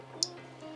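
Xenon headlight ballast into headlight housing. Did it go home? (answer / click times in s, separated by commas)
yes / 0.2 s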